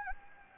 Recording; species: mosquito wingbeat signal from an infrared sensor; Anopheles gambiae